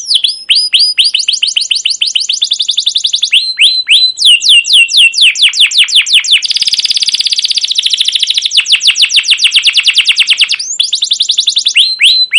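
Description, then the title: Canary singing continuously: fast runs of sweeping chirps, a dense rolling trill in the middle, then more rapid chirp series. Canary song used as a lure (pancingan) to train other canaries to sing; described as gacor, long rolls with cuit cuit notes. "CUIT CUIT NGEROL LANGSUNG GACOR PANJANG Kenari Ini AMPUH Utk Pancingan KENAR. Masteran Suara Burung Kenari Gacor Panjang cuit cuit Ngerol untuk Pancingan Kenari!"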